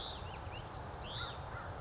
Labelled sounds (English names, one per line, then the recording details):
Hutton's Vireo
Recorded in Sonoma County, California